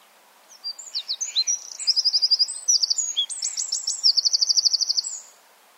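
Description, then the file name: Eurasian wren song, a single loud outpouring of sharp high notes that builds into fast, rattling trills before ending abruptly. "Troglodytes troglodytes"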